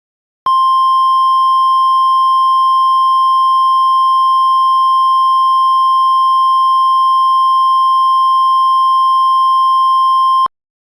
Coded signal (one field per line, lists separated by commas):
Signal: Emergency Alert System (SAME) tones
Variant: 1050 Hz attention tone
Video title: Emergency alert system #13: Weather Warning for South Alberta